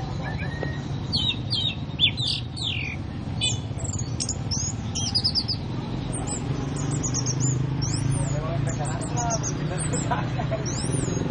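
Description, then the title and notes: Oriental magpie-robin singing a long, varied song of rising and falling whistles and sharp chirps, continuing throughout over a low steady hum. "Kicau Kacer. manukmanukan"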